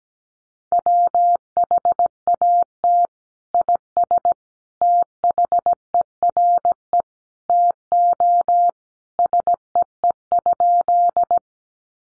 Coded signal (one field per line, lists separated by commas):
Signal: Morse code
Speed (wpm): 17 wpm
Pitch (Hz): 700 Hz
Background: none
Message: WHAT IS THERE TO SEE?